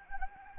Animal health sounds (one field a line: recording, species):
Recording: mosquito wingbeat signal from an infrared sensor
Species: Anopheles gambiae